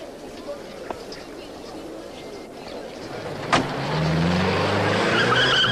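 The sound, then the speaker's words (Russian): A car pulls away onto a deserted out-of-town highway: after a soft hiss and a sharp thud, the engine starts and its rumble climbs steadily in pitch and loudness as the vehicle accelerates. “Машина отъезжает, а вслед ей березка шумит золотистой листвой.”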